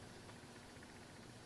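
Batteries are handled and lined up in the battery holder of a starburst light unit before being snapped in, over a steady broadband hiss with a low rumble. Nothing has clicked or seated yet in this stretch.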